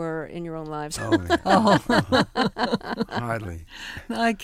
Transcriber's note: soundbite of laughter